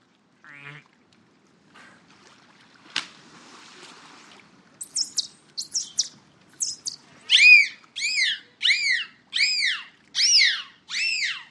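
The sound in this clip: Dolphin whistles: faint scattered chirps at first, then a run of loud, arched harmonic whistles repeated roughly every two-thirds of a second, each rising then falling.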